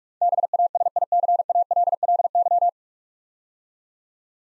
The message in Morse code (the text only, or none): BASICALLY